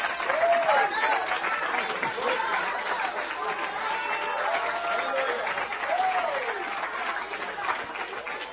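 A church audience gives the Lord a clap offering during a bilingual English-Spanish service, clapping steadily throughout, a dense, even wash of many hands with cheering and rising shouts scattered over it, sustained at a strong level for the whole stretch.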